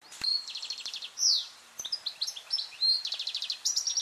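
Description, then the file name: European goldfinch chattering continuously: liquid high notes, quick buzzy trills repeated several times, and a sliding downward note, with a few faint clicks. "Carduelis carduelis"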